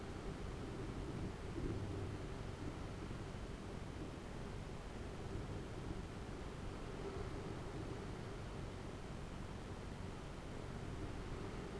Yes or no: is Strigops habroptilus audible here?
no